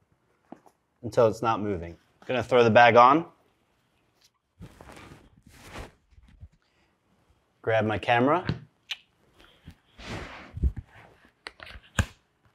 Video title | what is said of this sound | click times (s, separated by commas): Peak Design Everyday Messenger 13L V2 - Setup + Tips | snaps right in | 12.0 s